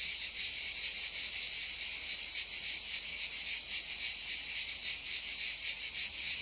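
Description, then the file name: Cicada producing a constant, high, raspy buzz with a fine quick pulsing and no pauses. "CHANT CIGALE"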